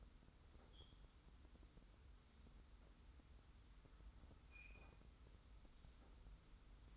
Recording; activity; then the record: daily activity, microphone in the room; wipe stove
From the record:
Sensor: 3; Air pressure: 990.4 hPa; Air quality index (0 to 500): 179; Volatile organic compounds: 1000 ppm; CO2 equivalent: 5833 ppm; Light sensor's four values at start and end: 46/110/45/43 and 46/110/45/43